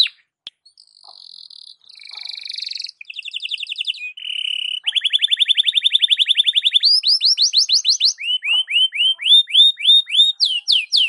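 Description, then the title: Belgian canary song moving from soft buzzy trills into a loud fast rattle, then rising chirps delivered in quick repeated series. Belgian canary morning song, used to warm up a canary and described as suited for masteran (tutoring). "Canto Para Esquentar Canário Belga. SUARA BURUNG KENARI DI PAGI HARI COCOK BUAT MASTERAN"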